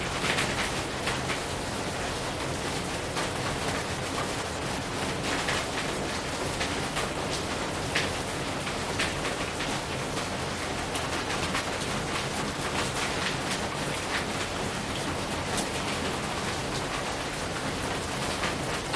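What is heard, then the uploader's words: Rain falls steadily and close by, a dense, even hiss with countless small drops ticking across the brighter range. Faint low rumbling and a few slightly louder patters come and go, but the level stays constant for the whole stretch. 雨伴｜rain beside you.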